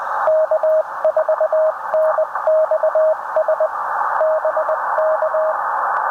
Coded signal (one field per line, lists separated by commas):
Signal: Morse code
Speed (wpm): 23 wpm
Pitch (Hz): 630 Hz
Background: radio noise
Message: K4NXS BK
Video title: Camping, Coffee, and a K2: Morning QRP POTA activation at Lake Norman State Park!